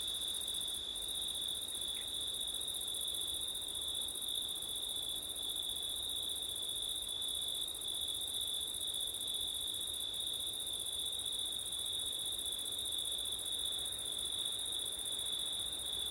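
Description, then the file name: Cricket chorus, a continuous high-pitched ringing trill that never pauses, layered over a soft, steady wind noise. Crickets on a September night, with wind, recorded with an ORTF stereo microphone setup. "crickets wind september night ortif"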